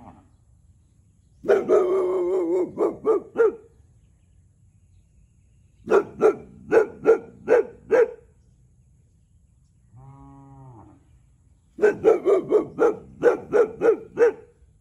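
Boxer dog barking in three bursts of rapid, repeated deep barks, with a brief low droning tone between the second and third bursts.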